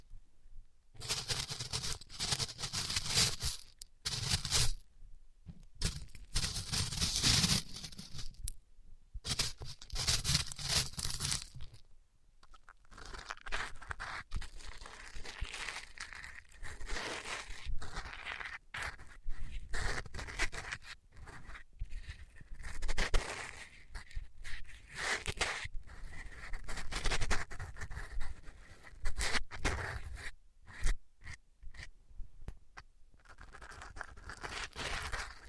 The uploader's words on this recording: ASMR Ripping Off the Band Aid (No Talking).